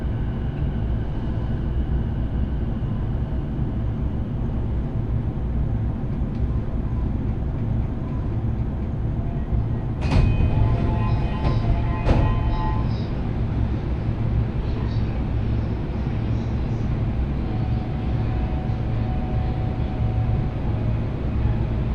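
Riding inside a local commuter train, a steady low rumble of wheels and motors fills the whole time. Around ten and twelve seconds, sharp metallic clacks cut through, followed by brief ringing tones. A faint whine rises near the end.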